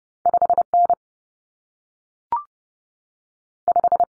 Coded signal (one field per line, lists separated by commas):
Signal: Morse code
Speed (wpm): 30 wpm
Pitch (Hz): 700 Hz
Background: none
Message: 5N 5